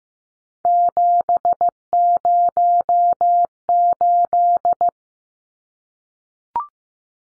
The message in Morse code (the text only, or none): 708